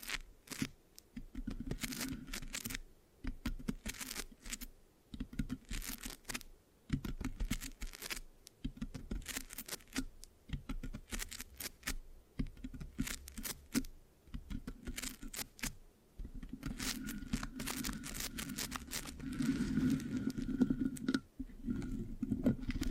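Scratching and sticky, tacky rubbing on a microphone, in bursts of dense crackle and rasp separated by brief silences. The strokes come in uneven runs of one to three seconds. Toward the end the rubbing grows louder and thicker, with a low rumbling underneath.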